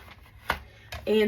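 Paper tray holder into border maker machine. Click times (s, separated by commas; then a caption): 0.5 s. A plastic paper tray holder, loaded with card stock and closed with its magnetic arm, is popped into place underneath a border maker machine. It makes a sharp click at 0.5 s that shows it has seated, followed by a softer knock at about 0.9 s. Someone talks at the end.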